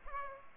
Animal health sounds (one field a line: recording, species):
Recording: mosquito wingbeat signal from an infrared sensor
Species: Culex pipiens